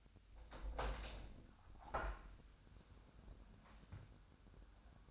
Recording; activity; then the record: daily activity, microphone in the room; open window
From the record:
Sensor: 2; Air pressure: 1006.4 hPa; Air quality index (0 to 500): 200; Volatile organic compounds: 14 ppm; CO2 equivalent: 2436 ppm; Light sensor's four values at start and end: 8/21/8/9 and 9/21/9/9